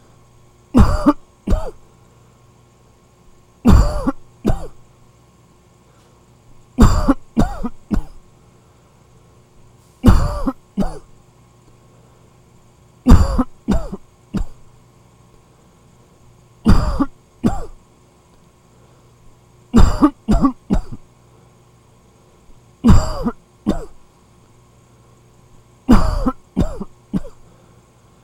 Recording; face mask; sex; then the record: voluntary coughing; none; male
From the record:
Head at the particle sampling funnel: facing it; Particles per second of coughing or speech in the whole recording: 19